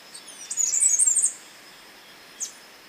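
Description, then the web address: Mountain wren song: a brief high tinkling warble lasting under a second, then a short high note. Recorded in Ecuador. "Birds of Ecuador. Mountain Wren"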